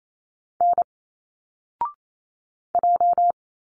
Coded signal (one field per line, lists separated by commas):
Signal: Morse code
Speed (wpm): 28 wpm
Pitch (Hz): 700 Hz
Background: none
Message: N J